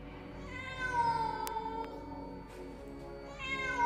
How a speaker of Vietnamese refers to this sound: Bỗng có tiếng mèo kêu lên văng vẳng trong đêm tối.